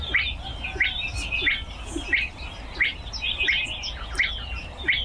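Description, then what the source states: Spotted Crake giving its upward-flicked whistled call over and over at a steady quick pace, while other small birds chirp and trill higher behind it. Male calling in reed marsh; rare bird; a rail living in marsh reeds.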